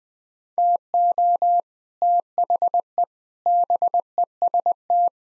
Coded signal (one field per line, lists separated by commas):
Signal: Morse code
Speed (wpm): 21 wpm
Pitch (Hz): 700 Hz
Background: none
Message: TO THE BEST